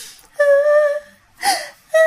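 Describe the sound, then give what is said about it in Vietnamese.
A voice imitates soft, echoing crying: a long, steady, high-pitched wail, a brief breathy sob after a pause, then another wail starting, with no words spoken. “Mà nó vang vọng nha các bạn, tiếng khóc này nó nho nhỏ nhưng mà nó lại vang vọng.”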